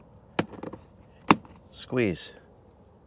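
A small plastic trim piece is pressed back into a VW Mk4 car door panel with two sharp knocking snaps at 0.4 and 1.3 seconds, and it seats in place. Someone briefly talks after the second snap.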